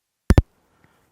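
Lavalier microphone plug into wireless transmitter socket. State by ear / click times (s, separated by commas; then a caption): seated / 0.3 s. A Rode Lavalier II microphone plug is pushed into the socket of a wireless transmitter after a muffled-sound problem. A sharp double click sounds at 0.3 s and 0.4 s, followed by a faint tick near 0.8 s and then quiet. The plug clicks in and is seated.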